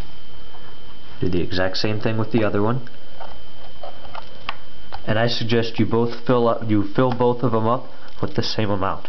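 A second DDR2 memory module is pushed down into the SO-DIMM slot of an HP Pavilion Dv6809wm laptop and seats with one loud, sharp click at 4.5 s. A few softer ticks come just before and after it, and someone talks before and after the click.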